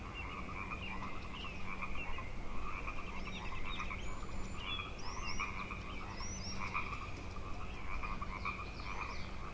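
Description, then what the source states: Frog chorus, constant layered croaks and trills, with short high bird chirps scattered across the middle. Frog chorus tuning up at Grafton Lake, 3 May 2009.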